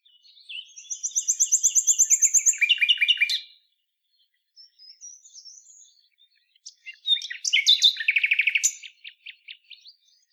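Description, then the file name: Common nightingale phrases: a fast high trill sliding into descending notes, a brief pause, then another loud phrase of rapidly repeated notes. "Luscinia megarhynchos"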